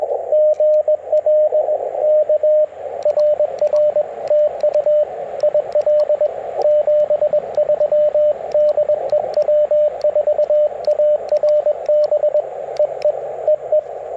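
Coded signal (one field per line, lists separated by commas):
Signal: Morse code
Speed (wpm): 21 wpm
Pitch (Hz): 590 Hz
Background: radio noise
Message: GL K RR TU IL 73 DE W4ARB EE EE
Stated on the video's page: CW POTA activation on a Ten-Tec Argonaut V with full break-in QSK, BaMaKeY TP-III paddle, and MC-750 antenna.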